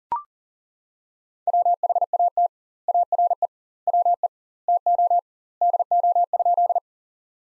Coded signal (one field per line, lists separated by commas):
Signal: Morse code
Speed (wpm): 40 wpm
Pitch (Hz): 700 Hz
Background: none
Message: WHAT ARE WE TO DO?